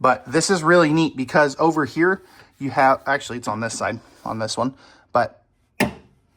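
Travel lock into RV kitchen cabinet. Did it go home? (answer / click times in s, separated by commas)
yes / 5.8 s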